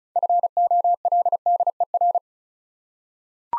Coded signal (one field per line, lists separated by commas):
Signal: Morse code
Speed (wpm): 34 wpm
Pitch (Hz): 700 Hz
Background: none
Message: FOLDER